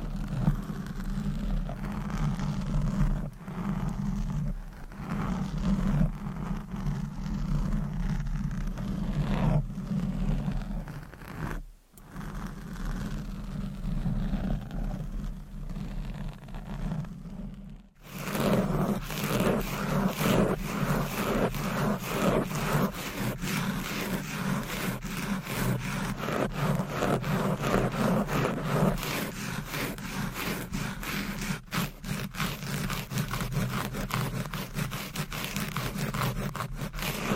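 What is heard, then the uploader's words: Mic scratching and brushing with a steady low rumble, dense rubbing strokes throughout, brief drops near 12 and 18 seconds, then brighter scratching. Mic Scratching ,Tapping,Brushing & Massage.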